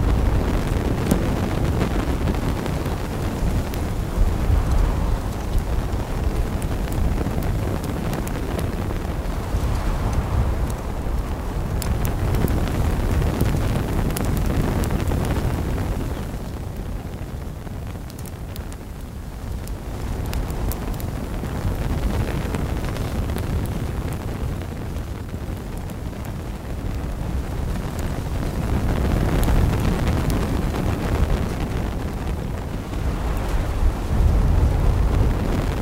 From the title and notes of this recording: Soothing Sounds of a Crackling Fire and Rustling Wind. The gentle roar of the flames and the rustling of the wind. The comforting sounds of a crackling campfire on a windy day.